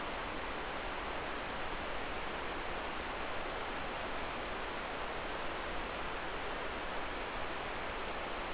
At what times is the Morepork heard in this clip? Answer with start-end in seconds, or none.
none